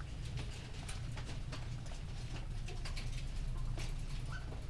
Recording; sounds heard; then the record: poultry house recording; sick chickens (respiratory disease)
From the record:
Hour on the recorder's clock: 19